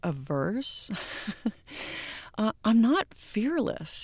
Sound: laughter

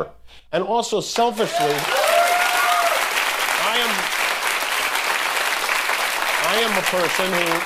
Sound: applause

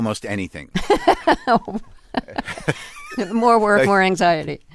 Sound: laughter

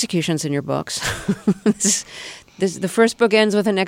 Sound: laughter

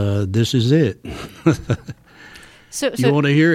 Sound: soundbite of laughter

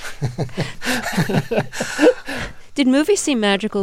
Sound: soundbite of laughter

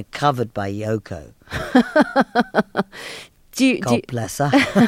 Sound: laughs

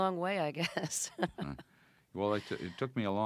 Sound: laughs

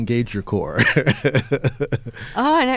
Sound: laughter

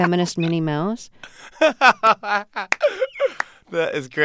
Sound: soundbite of laughter

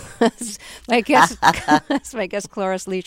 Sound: laughter

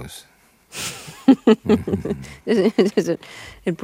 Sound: laughing

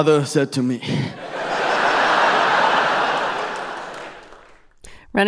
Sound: laughter

